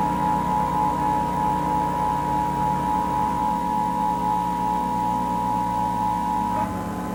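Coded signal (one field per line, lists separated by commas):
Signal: Emergency Alert System (SAME) tones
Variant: 853 and 960 Hz attention tone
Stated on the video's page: Fictional EAS scenario depicting a hijacked national EAS test.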